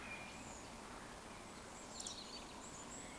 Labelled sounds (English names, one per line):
Eurasian Woodcock